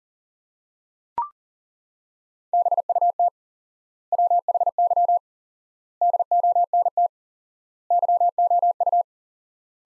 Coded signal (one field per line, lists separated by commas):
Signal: Morse code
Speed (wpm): 40 wpm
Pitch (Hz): 700 Hz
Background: none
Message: BUT WHY DONT YOU